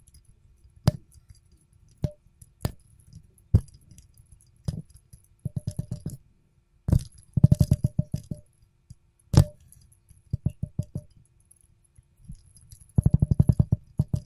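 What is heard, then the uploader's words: A fidget spinner is tapped in sharp isolated clicks, then spun in rapid rattling bursts around 5, 7, 10 and 13 seconds, over a low hum. ASMR Fidget Spinner Sounds Tapping and Spinning.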